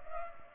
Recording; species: mosquito wingbeat signal from an infrared sensor; Culex pipiens